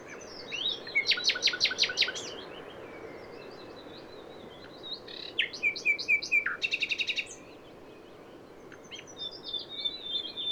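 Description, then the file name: Common nightingale song: a rapid series of sharp repeated notes, then mixed whistles and a pulsed rattle, with quieter high notes after a pause. "Luscinia megarhynchos"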